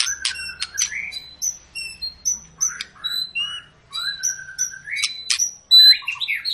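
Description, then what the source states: White-rumped shama song with clear, high whistled notes repeated in short series, interspersed with sharp ticks and rising slurred phrases. Lure recording of a white-rumped shama (murai batu) in long, continuous song, used to prompt other birds to sing; 'gacor panjang' means prolonged nonstop singing.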